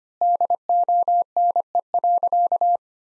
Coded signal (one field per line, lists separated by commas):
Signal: Morse code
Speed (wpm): 25 wpm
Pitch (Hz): 700 Hz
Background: none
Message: DONE.